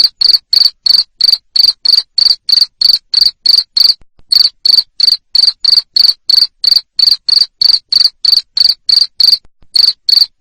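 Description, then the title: Cricket chirping: loud, high-pitched pulsed chirps repeated about three times a second in a steady train, with two brief pauses. Loud cricket chirping played to make lovebirds keep singing. "Suara JANGKRIK NGERIK Keras Bikin LOVEBIRD Jadi NGEKEK Terus Vubey"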